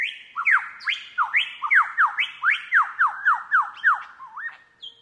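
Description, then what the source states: Lyrebird song: rapid series of loud whistled notes sweeping up and down between mid and high pitch, about four per second, ending in a brief high note. Wild lyrebird in Australia that seemed to hear a lyrebird recording through headphones, jumped onto a track about 2 metres away, cocked its head and sang for 20 minutes.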